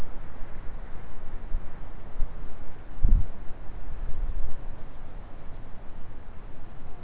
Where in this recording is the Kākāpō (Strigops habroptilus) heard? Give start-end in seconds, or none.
none